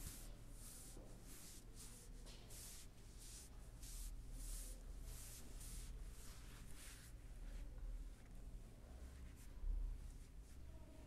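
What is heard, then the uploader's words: A chair massage of the head, scalp and neck, heard as repeated brushing and rubbing strokes, hissy and bright, coming roughly once a second. A low steady hum runs underneath throughout, with a brief thump near the end. Calming chair massage ASMR head, scalp, neck, hand and arms massage.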